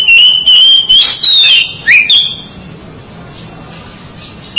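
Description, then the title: Oriental magpie-robin giving clear whistled notes that slide up and down, followed by a short twisting phrase, then quiet background hiss. "Suara Kicauan Burung Kacer Durasi Panjang"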